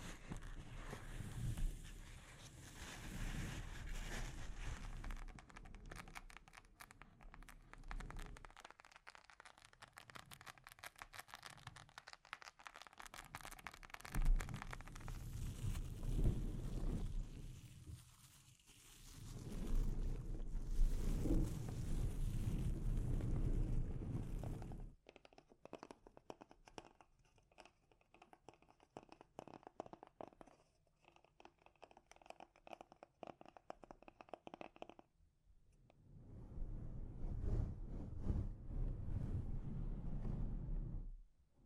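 Delicate mic scratching and tapping, with dense rough scraping and crackly crunches filling most of the first 25 seconds. Sharp taps stand out around 14 and 21 seconds. After 25 seconds it turns much quieter and sparser, with a fuller burst of scratching from about 36 to 41 seconds.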